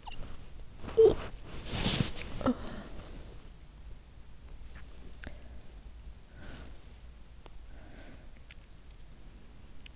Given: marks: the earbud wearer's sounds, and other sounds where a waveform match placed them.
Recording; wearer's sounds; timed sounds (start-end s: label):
sounds in sleep by an in-ear microphone; body movement, talking in sleep, breath
0.00-3.41 s: body movement
0.91-1.18 s: talking in sleep
2.37-2.63 s: talking in sleep
6.36-6.76 s: breath
7.68-8.27 s: breath